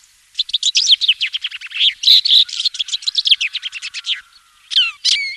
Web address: laniidae lansenat